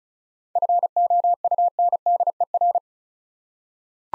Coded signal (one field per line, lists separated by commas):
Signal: Morse code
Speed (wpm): 36 wpm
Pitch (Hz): 700 Hz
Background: none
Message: FOUNDER